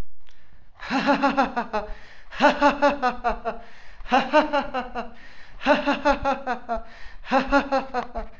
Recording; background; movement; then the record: laughter; a bystander coughing; walking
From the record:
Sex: male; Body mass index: 20.6 kg/m2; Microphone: on the chest, facing outward